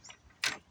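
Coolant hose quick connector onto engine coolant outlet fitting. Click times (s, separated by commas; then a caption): 0.4 s. On a 2012–2017 Ford Focus, where this connector is one cause of rapid coolant loss, a coolant hose quick connector is pushed fully onto the engine coolant outlet fitting, and pliers compress its tab until the tab breaks off. After faint low rustling, a sharp, loud, bright snap rings out at 0.4 s and fades by about 0.6 s. The connector is locked and seated in place.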